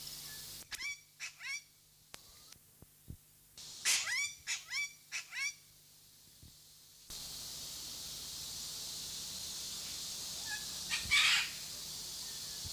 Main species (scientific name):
Coracopsis vasa